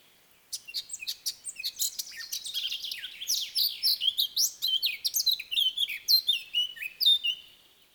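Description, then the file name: Eurasian blackcap song: a fast, varied, high warble of sweeping and chattering notes running for about seven seconds without a break. "Sylvia atricapilla"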